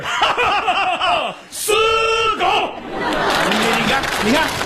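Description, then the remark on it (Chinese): Voices speak and a long held vocal tone rings out, then an audience at a stage crosstalk (xiangsheng) comedy performance breaks into steady applause mixed with laughter, a dense, even clatter that fills the last couple of seconds. “你看，鼓掌了吧？”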